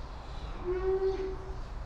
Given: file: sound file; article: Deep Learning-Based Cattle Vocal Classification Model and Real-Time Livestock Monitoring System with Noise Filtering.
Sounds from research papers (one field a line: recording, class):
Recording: cattle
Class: normal call